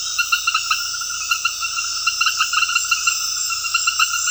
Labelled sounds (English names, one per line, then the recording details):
none
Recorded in secondary vegetation near Puerto Asís, Putumayo, Colombia, on 20 February 2024 at 22:00
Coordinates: 0.481, -76.323
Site G6376